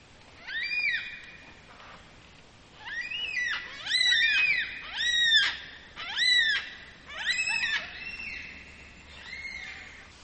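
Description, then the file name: Black cockatoo wailing calls, arched drawn-out cries with rich harmonics, repeated roughly once a second over a faint hiss. "Black Cocky"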